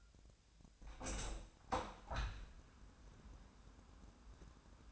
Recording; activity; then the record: daily activity, microphone in the room; open window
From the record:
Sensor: 2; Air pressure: 1006.2 hPa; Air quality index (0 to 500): 180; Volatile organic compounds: 9 ppm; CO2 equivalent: 2189 ppm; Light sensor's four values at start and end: 8/19/8/8 and 8/20/8/8